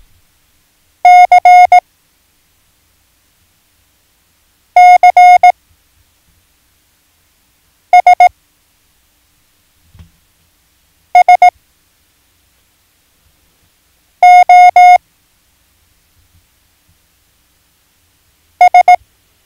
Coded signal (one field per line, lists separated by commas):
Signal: Morse code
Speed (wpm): 18 wpm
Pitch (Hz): 720 Hz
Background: none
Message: C C S S O S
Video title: Learn Morse Code - Lesson 4